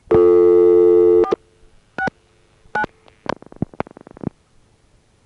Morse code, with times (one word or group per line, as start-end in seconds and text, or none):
none